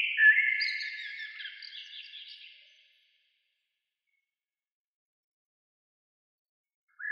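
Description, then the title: Bird singing a fading three-second warble of quick notes, then silence lasting about four seconds before the start of another phrase. "Oiseaux"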